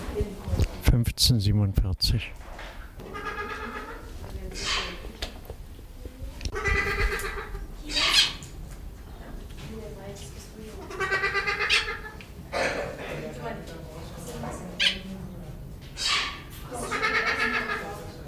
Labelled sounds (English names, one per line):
Trumpeter Hornbill call